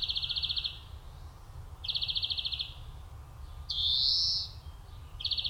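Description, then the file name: European Greenfinch giving a few short fast metallic trills, with one long buzzy wheeze between them, over constant low background noise. "Chloris chloris"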